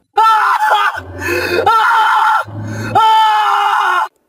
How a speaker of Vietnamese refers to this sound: Hình ảnh trước mắt lão khiến dường như chết ngất. Lão trợn mắt hét lên thất thanh.